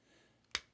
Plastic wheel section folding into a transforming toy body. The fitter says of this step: and bring those down they will click into place like so